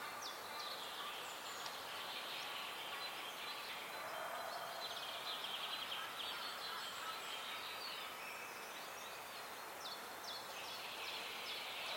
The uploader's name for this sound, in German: Vögel im Wald